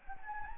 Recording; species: mosquito wingbeat signal from an infrared sensor; Anopheles gambiae